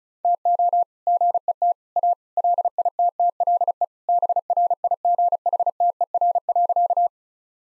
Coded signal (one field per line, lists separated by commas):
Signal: Morse code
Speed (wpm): 34 wpm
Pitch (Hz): 700 Hz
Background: none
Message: TO GET A LITTLE BRIGHTER.